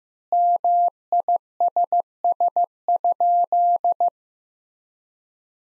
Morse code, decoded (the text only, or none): MISS?